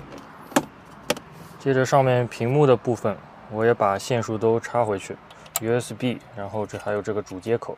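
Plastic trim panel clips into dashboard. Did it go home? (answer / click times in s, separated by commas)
yes / 0.6 s, 1.1 s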